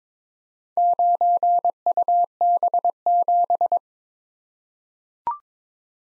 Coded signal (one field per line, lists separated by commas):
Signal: Morse code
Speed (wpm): 22 wpm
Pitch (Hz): 700 Hz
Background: none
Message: 9UB7